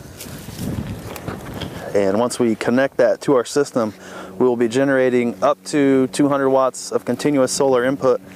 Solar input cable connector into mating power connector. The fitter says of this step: 75 amp Anderson power pole connector that makes right up with this locks in place